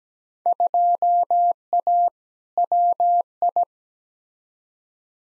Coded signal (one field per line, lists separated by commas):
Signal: Morse code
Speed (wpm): 17 wpm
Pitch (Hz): 700 Hz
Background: none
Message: 2A WI